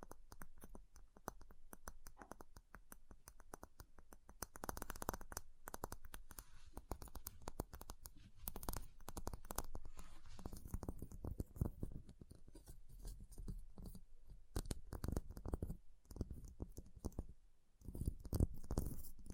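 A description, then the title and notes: Dense scratching and tapping on ice, a rapid irregular patter of short clicks and scrapes with low rumbling thumps throughout, pausing briefly near seventeen seconds. ASMR Ice Tapping, Scratching, Carving Sounds (No Talking).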